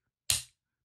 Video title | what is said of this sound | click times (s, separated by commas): Night Vision Mounts | you slide it in and you can hear that click for security right there and it is locked in place | 0.3 s